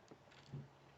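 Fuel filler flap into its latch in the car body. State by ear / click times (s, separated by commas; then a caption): seated / 0.1 s. A Kia Picanto (Kia Morning) fuel filler flap is pushed closed against the car body and clicks into its latch at 0.1 s, so the flap is latched shut. A low hum continues through the rest of the clip.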